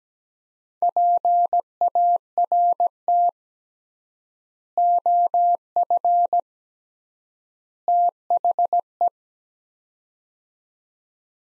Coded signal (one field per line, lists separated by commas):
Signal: Morse code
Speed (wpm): 17 wpm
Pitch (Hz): 700 Hz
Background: none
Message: PART OF THE